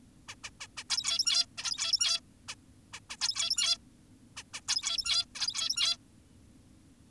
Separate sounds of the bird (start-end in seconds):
0.28-0.35, 0.44-0.50, 0.60-0.67, 0.77-0.84, 0.90-1.46, 1.58-2.20, 2.48-2.55, 2.93-3.00, 3.10-3.16, 3.21-3.78, 4.37-4.43, 4.54-4.61, 4.68-5.25, 5.35-5.97